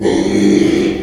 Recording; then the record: squeal of a Yucatan mini pig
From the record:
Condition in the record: after surgery on the right vocal fold (resection and tissue-engineered implant); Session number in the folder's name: 2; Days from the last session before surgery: 13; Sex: male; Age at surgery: 12 weeks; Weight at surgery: 13 kg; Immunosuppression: cyclosporine, prednisolone